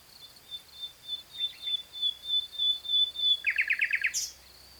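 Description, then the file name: Common nightingale song: a long, pure, steady whistle held for several seconds, then a fast run of loud repeated clipped notes and a brief sharp click, with a constant high drone. "Luscinia megarhynchos"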